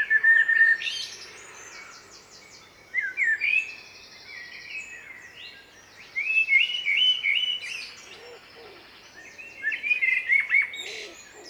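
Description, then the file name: Common blackbird singing several separate bursts of slurred whistles and high twittered notes. "Turdus merula"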